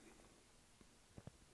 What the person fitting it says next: The nice thing about it, it's very, very easy. It just snapped right into place.